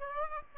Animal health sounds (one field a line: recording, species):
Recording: mosquito wingbeat signal from an infrared sensor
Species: Aedes aegypti